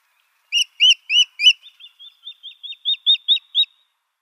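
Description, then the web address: Gabar goshawk calls: four loud, sharp piping notes, then a quicker series of about ten clipped notes, softer at first and growing louder toward the end. A pair of birds. "Schulze Peter Gabar Goshawk pair"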